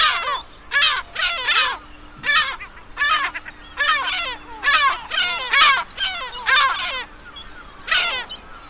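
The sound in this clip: Bird calls, grating and scratchy, coming in short noisy bursts about once a second, with a low steady hum behind them.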